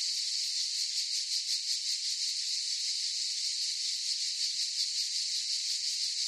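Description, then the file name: Chorus of cicadas, a high steady hiss-like buzz that pulses gently throughout. Chorus of several cicadas in a forest. "gain walkers CICADAS Forest Chorus"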